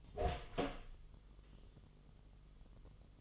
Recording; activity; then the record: daily activity, microphone in the room; open door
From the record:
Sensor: 4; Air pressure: 1005.8 hPa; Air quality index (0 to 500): 72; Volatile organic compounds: 1 ppm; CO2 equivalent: 886 ppm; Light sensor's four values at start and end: 13/31/12/11 and 13/29/11/11